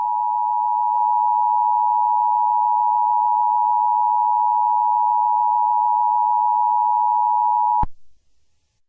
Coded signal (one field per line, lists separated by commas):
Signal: Emergency Alert System (SAME) tones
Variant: 853 and 960 Hz attention tone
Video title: Northern Indiana Tornado Chaos (EAS Scenario)